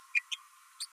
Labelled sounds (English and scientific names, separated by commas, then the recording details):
Green-rumped Parrotlet (Forpus passerinus) babbling
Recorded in a nest box in Venezuela
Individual 18B12A2